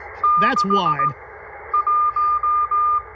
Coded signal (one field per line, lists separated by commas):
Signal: Morse code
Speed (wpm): 18 wpm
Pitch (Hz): 1210 Hz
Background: speech, radio noise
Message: 6 1